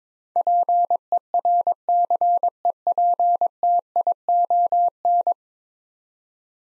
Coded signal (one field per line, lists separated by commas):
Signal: Morse code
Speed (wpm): 22 wpm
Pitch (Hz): 700 Hz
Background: none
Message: PERCEPTION